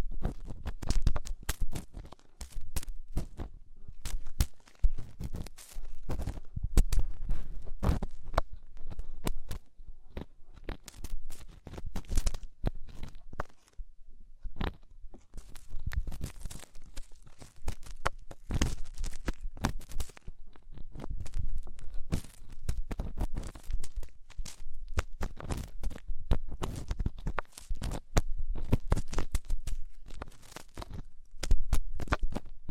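Ear cleaning sounds: dense, irregular crackling and scraping clicks that run through the whole stretch, with a low rumble underneath. The scratching comes in busy bursts, easing briefly around 4 and 14 seconds, then picking up again with sharp pops.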